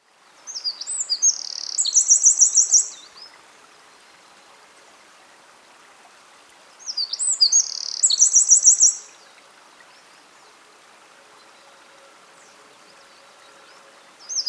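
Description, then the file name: Eurasian wren song: two full high-pitched, rapid phrases ending in rattling trills, about six seconds apart, with a third phrase just starting at the end. "Troglodytes troglodytes"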